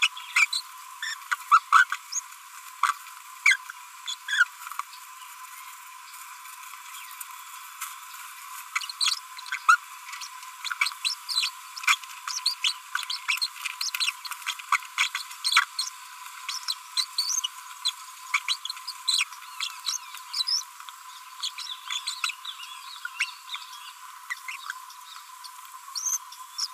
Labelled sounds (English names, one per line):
Green-rumped Parrotlet babbling